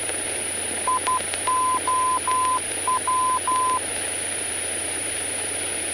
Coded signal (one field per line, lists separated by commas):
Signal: Morse code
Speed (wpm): 12 wpm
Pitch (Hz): 1020 Hz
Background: none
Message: IOW